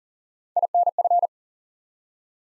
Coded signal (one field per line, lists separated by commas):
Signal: Morse code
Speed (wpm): 39 wpm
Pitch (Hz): 700 Hz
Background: none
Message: INF